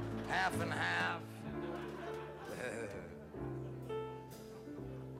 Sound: laughs

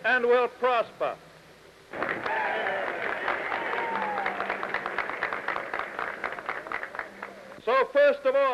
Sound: applause

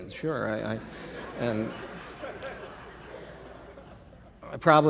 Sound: laughter

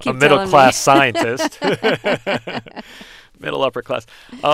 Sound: soundbite of laughter

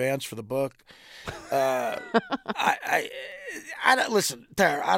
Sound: soundbite of laughter

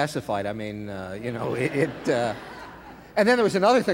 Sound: laughter

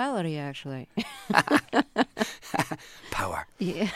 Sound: laughter

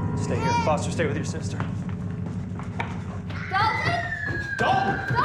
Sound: soundbite of running

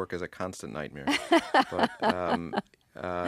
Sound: laughs

